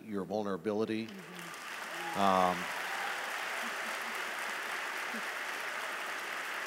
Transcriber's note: applause